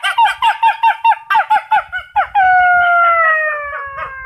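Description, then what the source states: Wolf yelping in a quick rhythmic series, then one long smooth howl that slowly drops in pitch. Thailand.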